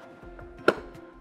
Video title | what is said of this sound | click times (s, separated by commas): How to Attach and Remove your Infant Car Seat from a Stroller | push down until you hear it click securely and then lift up to make sure that it's locked into place | 0.7 s